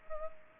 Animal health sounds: mosquito wingbeat signal from an infrared sensor; Culex pipiens

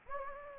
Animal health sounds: mosquito wingbeat signal from an infrared sensor; Anopheles gambiae

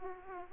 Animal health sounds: mosquito wingbeat signal from an infrared sensor; Aedes aegypti

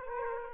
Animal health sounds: mosquito wingbeat signal from an infrared sensor; Aedes aegypti

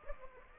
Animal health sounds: mosquito wingbeat signal from an infrared sensor; Anopheles gambiae

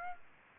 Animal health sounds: mosquito wingbeat signal from an infrared sensor; Aedes aegypti

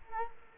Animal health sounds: mosquito wingbeat signal from an infrared sensor; Culex quinquefasciatus

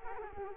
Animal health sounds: mosquito wingbeat signal from an infrared sensor; Culex quinquefasciatus

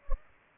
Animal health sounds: mosquito wingbeat signal from an infrared sensor; Culex pipiens

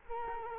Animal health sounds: mosquito wingbeat signal from an infrared sensor; Culex quinquefasciatus

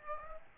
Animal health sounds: mosquito wingbeat signal from an infrared sensor; Aedes aegypti

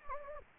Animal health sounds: mosquito wingbeat signal from an infrared sensor; Anopheles gambiae

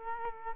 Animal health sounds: mosquito wingbeat signal from an infrared sensor; Culex quinquefasciatus

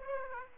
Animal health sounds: mosquito wingbeat signal from an infrared sensor; Aedes aegypti

